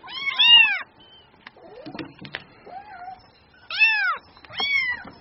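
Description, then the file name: Cat: kitten meows, a loud arched mew, then soft small squeaks and rustling, then two more strong curving meows. Kitten, mewing in a whiny, endearing way. "Tieng meo con keu nung niu de thuong"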